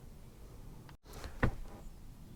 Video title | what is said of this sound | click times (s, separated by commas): 🔧 Installing the Pioneer SPH-EVO 107 DAB! PLUS Easy Dashboard Mod & Full Setup | and there it is all solid locked into place just got to add the screen now | 1.4 s